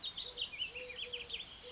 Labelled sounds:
Eurasian Collared Dove (Streptopelia decaocto)
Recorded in Sonoma County, California

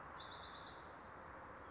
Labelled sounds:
California Towhee (Melozone crissalis)
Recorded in Sonoma County, California

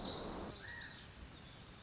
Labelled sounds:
Pacific Wren (Troglodytes pacificus)
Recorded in Sonoma County, California

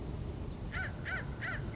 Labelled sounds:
Acorn Woodpecker (Melanerpes formicivorus)
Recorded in Sonoma County, California

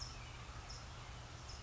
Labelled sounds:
California Towhee (Melozone crissalis)
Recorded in Sonoma County, California

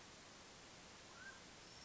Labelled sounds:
Mountain Quail (Oreortyx pictus)
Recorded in Sonoma County, California

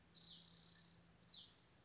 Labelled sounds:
Spotted Towhee (Pipilo maculatus)
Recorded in Sonoma County, California

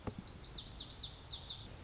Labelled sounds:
Lazuli Bunting (Passerina amoena)
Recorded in Sonoma County, California

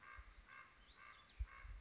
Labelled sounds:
Common Raven (Corvus corax)
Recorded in Sonoma County, California

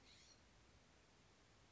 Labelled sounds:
California Scrub-Jay (Aphelocoma californica)
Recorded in Sonoma County, California

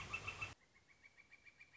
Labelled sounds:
Northern Flicker (Colaptes auratus)
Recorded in Sonoma County, California

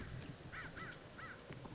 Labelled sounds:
American Crow (Corvus brachyrhynchos)
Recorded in Sonoma County, California

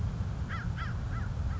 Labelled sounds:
American Crow (Corvus brachyrhynchos)
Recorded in Sonoma County, California

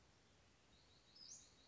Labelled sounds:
Western Flycatcher (Empidonax difficilis)
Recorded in Sonoma County, California

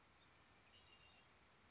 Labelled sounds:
Red-winged Blackbird (Agelaius phoeniceus)
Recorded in Sonoma County, California

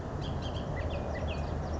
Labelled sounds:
Bullock's Oriole (Icterus bullockii)
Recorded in Sonoma County, California

